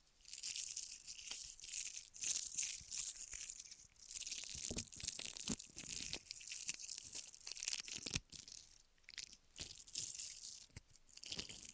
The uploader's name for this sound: Ear Massage, Cleaning